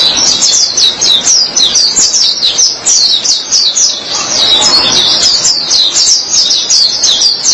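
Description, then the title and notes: White-eye song: rhythmic high warbling of quick rising and falling chirps, repeated in short pulsing phrases without a break. "Suara kicauan burung pleci"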